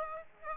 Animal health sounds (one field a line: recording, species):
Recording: mosquito wingbeat signal from an infrared sensor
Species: Aedes aegypti